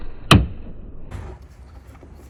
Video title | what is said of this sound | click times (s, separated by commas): How to: Replace Tail light 2009 Porsche Cayman (987.2) LED Lights Aftermarket | snap and release | 0.3 s